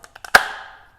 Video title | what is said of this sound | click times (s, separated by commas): Fiat 500 Abarth Oil Change. Some Disassembly Required! | so it should click into the top | 0.4 s